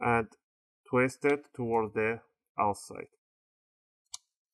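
Someone talks while a pry tool is twisted outward under the edge of the aluminium bottom cover on an HP x360 14 DY series laptop. A sharp snap at 4.1 s marks a bottom cover clip popping free, and the cover begins to open.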